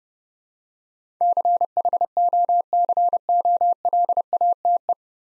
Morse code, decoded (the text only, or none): CHOCOLATE